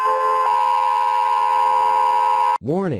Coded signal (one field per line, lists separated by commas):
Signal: Emergency Alert System (SAME) tones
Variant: 853 and 960 Hz attention tone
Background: speech